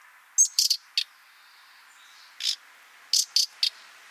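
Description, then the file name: Common nightingale uttering scratchy call notes: a whistle-led group of four, then a lone rasp, then a quick triplet of harsh bursts. "Luscinia megarhynchos"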